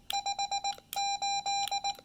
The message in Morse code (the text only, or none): 5 8